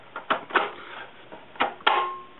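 A SATA hard drive is pushed hard back into its slot in an external RAID enclosure. Several scraping knocks at around 0.2, 0.3, 0.6 and 1.6 s lead up to a loud, sharp click at 1.9 s as the drive slides in and locks into the bay, followed by a brief ringing tail. Someone talks right after the drive seats.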